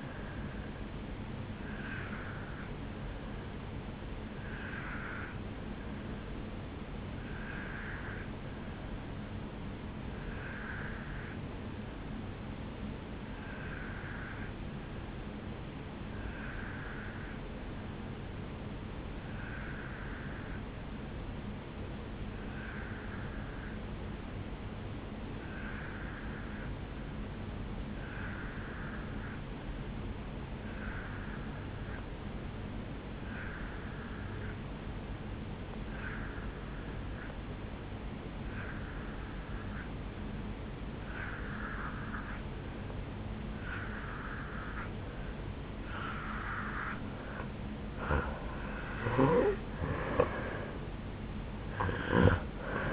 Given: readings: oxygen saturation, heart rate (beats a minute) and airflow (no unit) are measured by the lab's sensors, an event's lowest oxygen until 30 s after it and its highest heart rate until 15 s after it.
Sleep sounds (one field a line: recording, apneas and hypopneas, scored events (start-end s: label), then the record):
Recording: breathing in sleep by a voice recorder at the bedside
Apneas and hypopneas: 1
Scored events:
6.00-47.40 s: obstructive apnea (N2, oxygen 94% highest, then 84% lowest, heart rate 57 at the start, 76 highest)
From the record:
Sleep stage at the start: N2 (light sleep)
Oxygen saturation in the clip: 84 to 94%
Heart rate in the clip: 55 to 76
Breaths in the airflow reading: 4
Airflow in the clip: -10.4 to 5.7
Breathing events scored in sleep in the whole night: 449 in 7.0 hours asleep